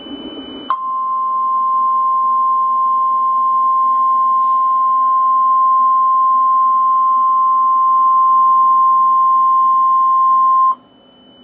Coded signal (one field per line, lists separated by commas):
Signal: Emergency Alert System (SAME) tones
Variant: 1050 Hz attention tone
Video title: All EAS Scenario Videos (PART 1)